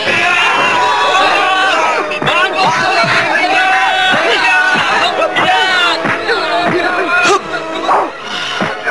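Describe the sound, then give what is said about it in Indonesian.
Many soldiers' voices scream and yell at once in a dense, continuous clamor as they are attacked from behind, shrill cries rising and falling over a steady roar of shouting. “Mereka yang sedang memusatkan perhatian pada ketujuh musuh-musuh mendadak mendengar jeritan dari teman-teman mereka dari belakang.”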